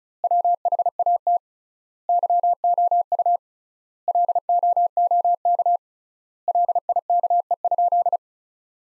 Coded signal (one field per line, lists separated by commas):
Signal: Morse code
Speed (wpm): 36 wpm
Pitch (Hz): 700 Hz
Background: none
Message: WHAT YOU LOOK LIKE?